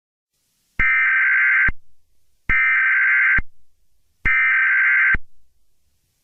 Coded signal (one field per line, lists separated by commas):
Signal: Emergency Alert System (SAME) tones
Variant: header bursts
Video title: (EAS RECREATION) An EAS Real Fire Warning for New Mexico